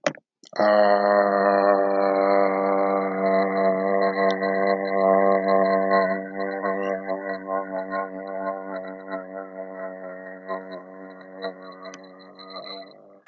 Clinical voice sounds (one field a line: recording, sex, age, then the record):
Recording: vowel held as long as possible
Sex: male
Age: 30 to 39 years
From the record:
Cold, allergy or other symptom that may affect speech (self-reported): no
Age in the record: 34 years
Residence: Pennsylvania, United States